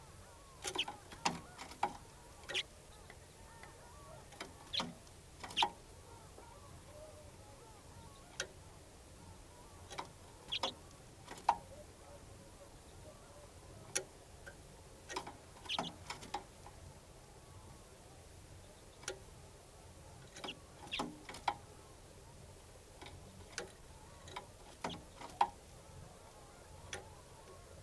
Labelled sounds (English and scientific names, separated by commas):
Common Redpoll (Carduelis flammea) call